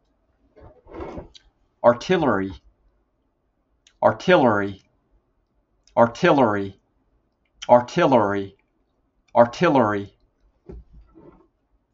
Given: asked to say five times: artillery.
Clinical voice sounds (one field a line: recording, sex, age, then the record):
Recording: repeated word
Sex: male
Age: 40 to 49 years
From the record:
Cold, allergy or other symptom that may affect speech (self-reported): no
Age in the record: 41 years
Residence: Alabama, United States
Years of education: 17